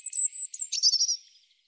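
European robin song phrase, a high thin whistled note then a quick descending warble.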